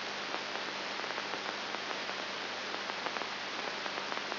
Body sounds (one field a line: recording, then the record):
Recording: brain microelectrode recording played as sound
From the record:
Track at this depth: inside the subthalamic nucleus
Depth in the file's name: 3.101 mm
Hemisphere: left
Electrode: 3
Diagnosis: Parkinson's disease